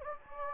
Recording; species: mosquito wingbeat signal from an infrared sensor; Anopheles gambiae